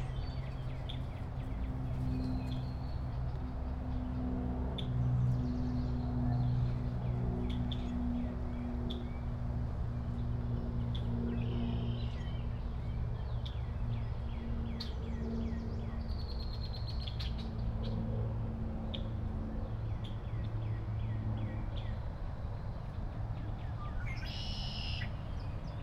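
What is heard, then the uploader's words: On a walk through a river wetland park, a steady low rumble of traffic or machinery sits under everything. Small birds chirp and twitter in short bursts throughout, with a brighter, sharper call near the end. A walk through the Wilma H. Schiermeier Olentangy River Wetland Research Park.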